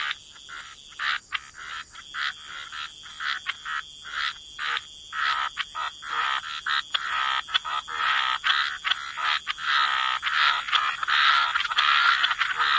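Frog chorus with quick rasping croaks, sparse at first and then thickening into an almost unbroken stream of calls.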